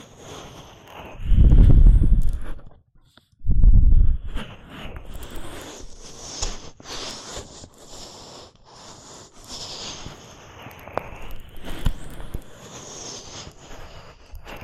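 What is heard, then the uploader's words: Close, muffled ear canal stimulation, opening with two heavy, booming low thumps around the first and fourth seconds. After that the sound settles into quieter, dense rustling and scraping with soft crackles and occasional brief ticks, steady to the end. ASMR Deep Ear Canal Stimulation (No Talking).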